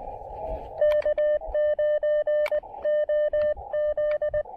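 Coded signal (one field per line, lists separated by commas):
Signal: Morse code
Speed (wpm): 20 wpm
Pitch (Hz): 590 Hz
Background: none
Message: K9OZ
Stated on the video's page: Combined SOTA and POTA activation, QRP at 5 watts with a speaker-wire antenna, working DX.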